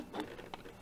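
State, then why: Not seated. Inside a BenQ W5000 projector, a plastic twist-lock part with one intact tab (the other two broken) is pushed onto its mount near a tight screw, ready to be turned until it locks. Soft handling rustles are heard, with brief taps around 0.2 s and 0.5 s. Nothing has seated or clicked yet.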